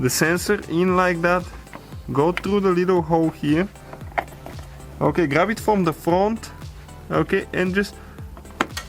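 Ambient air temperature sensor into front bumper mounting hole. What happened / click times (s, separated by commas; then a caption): A small plastic part snaps into its mount / 8.6 s. A new ambient air temperature sensor, its wire fed through a small hole behind the front bumper of a BMW, is pulled from the front into its plastic mounting hole in the bumper. Someone talks over background music, then a sharp click is heard at 8.6 s as the sensor seats in the mount.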